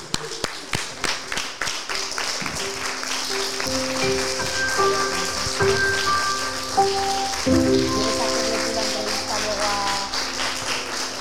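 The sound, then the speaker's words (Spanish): An audience at a Book Day event breaks into another round of applause, a few sharp separate claps quickly swelling into a dense, steady wash of clapping that holds for several seconds, with faint sustained tones running underneath. “Otro aplauso.”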